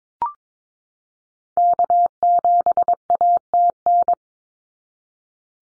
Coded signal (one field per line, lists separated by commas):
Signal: Morse code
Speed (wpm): 22 wpm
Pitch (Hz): 700 Hz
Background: none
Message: K7ATN